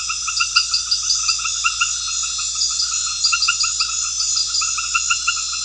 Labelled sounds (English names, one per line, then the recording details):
none
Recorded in pastures near Puerto Asís, Putumayo, Colombia, on 8 March 2025 at 20:30
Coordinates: 0.502, -76.324
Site GP07